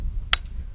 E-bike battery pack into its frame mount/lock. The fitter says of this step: and then listen for that click you really want to make sure there it is so we know it's it's secure yep